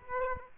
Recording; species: mosquito wingbeat signal from an infrared sensor; Aedes aegypti